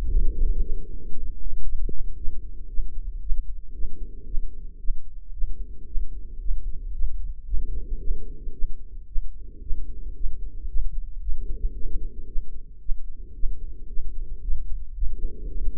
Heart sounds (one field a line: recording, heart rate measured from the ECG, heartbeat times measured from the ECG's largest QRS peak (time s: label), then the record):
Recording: heart sounds by microphone in the right ear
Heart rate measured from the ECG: 113 bpm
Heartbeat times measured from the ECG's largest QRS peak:
0.13 s: heartbeat
0.63 s: heartbeat
1.14 s: heartbeat
1.66 s: heartbeat
2.18 s: heartbeat
2.70 s: heartbeat
3.23 s: heartbeat
3.75 s: heartbeat
4.28 s: heartbeat
4.81 s: heartbeat
5.35 s: heartbeat
5.88 s: heartbeat
6.42 s: heartbeat
6.95 s: heartbeat
7.48 s: heartbeat
8.01 s: heartbeat
8.55 s: heartbeat
9.09 s: heartbeat
9.63 s: heartbeat
10.17 s: heartbeat
10.70 s: heartbeat
11.23 s: heartbeat
11.76 s: heartbeat
12.29 s: heartbeat
12.82 s: heartbeat
13.36 s: heartbeat
13.90 s: heartbeat
14.43 s: heartbeat
14.97 s: heartbeat
15.51 s: heartbeat
From the record:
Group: healthy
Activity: rest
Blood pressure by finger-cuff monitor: 116/59 mmHg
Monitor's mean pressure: 80 mmHg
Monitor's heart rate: 115 bpm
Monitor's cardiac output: 10 L/min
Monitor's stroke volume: 87 mL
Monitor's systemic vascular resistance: 570 dyn s/cm5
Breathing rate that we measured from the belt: 16 breaths a minute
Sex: female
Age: 43 years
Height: 160 cm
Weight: 90 kg